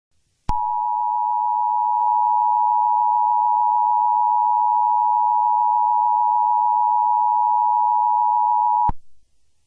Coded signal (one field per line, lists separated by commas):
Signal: Emergency Alert System (SAME) tones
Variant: 853 and 960 Hz attention tone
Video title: EAS Mega Scenario: The Wrath of Chaos